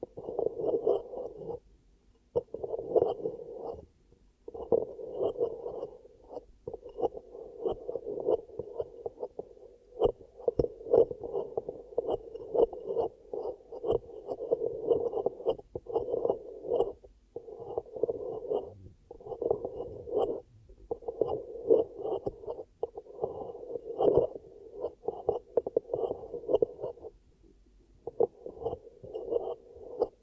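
Ear cupping triggers: muffled, hollow rubbing and patting in dense, irregular bursts with brief pauses, mostly low and mid, little brightness.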